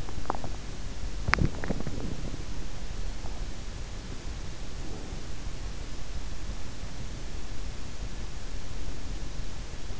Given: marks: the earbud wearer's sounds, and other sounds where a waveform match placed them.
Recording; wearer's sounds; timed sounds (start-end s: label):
sounds in sleep by an in-ear microphone; body movement, breath
0.00-2.71 s: body movement
4.56-5.27 s: breath